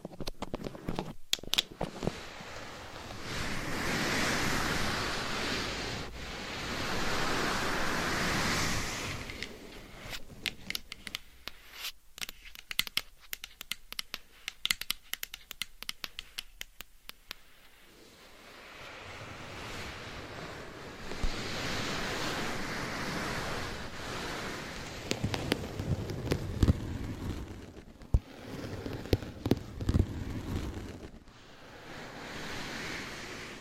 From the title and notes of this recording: ASMR Changing Triggers Every 30 Seconds Scratching , Tapping , Massage & More No Talking.